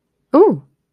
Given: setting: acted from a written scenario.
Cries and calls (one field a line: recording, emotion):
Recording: vocal sound without words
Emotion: interest